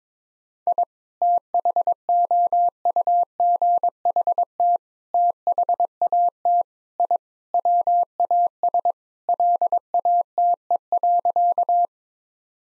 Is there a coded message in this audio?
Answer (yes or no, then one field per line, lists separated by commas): yes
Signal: Morse code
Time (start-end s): 0.7-11.8 s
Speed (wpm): 22 wpm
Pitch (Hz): 700 Hz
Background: none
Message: I THOUGHT THAT I WAS LATE.